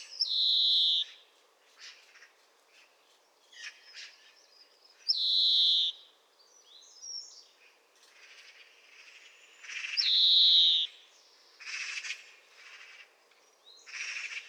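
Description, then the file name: European greenfinch giving long, nasal, buzzy wheezes, each about a second, repeated roughly every five seconds, with short chirps and soft rasping notes between. "Chloris chloris"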